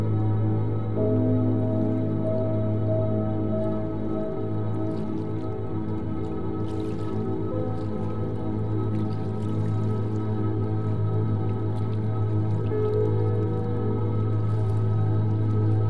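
Soft, calm music of long sustained tones rings steadily throughout, with a low hum underneath and gentle ringing notes that swell and fade. Faint drips and light watery trickles surface now and then, most noticeably in the middle of the clip.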